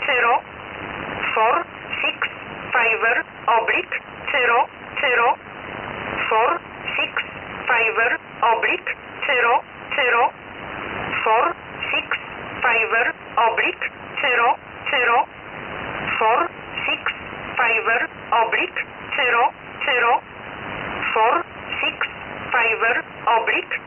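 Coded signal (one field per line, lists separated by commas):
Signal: numbers station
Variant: E11 Oblique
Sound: a voice reading short, evenly spaced words, probably numbers, over a narrow radio channel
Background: radio static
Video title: E11 Oblique 29/08/2023 1205 UTC 6304kHz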